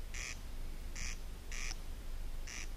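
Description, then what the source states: Corn Crake call: four dry, rasping bursts spaced unevenly over nearly three seconds, heard above a constant low background rumble. Played back in the studio background.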